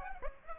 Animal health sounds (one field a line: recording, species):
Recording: mosquito wingbeat signal from an infrared sensor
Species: Aedes aegypti